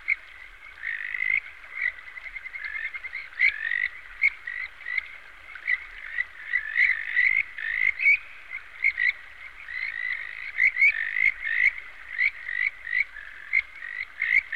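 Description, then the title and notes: Frog chorus of short sharp croaks in uneven bursts, several callers overlapping throughout with no pause. "NHK Sound Effects Collection - 3-Frogs. NHK効果音集 - 3-カエル"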